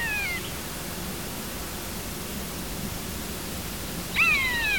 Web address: chant xeno-canto buse variable